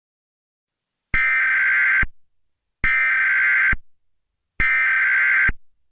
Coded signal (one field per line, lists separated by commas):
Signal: Emergency Alert System (SAME) tones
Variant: header bursts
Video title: EAS #4 tornado warning